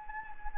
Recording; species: mosquito wingbeat signal from an infrared sensor; Anopheles gambiae